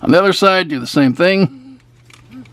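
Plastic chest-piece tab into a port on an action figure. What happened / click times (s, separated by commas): The plastic tab is being handled but has not clicked home yet / none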